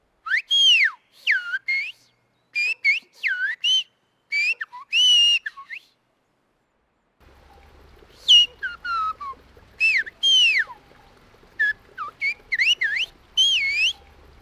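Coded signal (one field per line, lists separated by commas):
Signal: whistled language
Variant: whistled Béarnais Occitan (Aas)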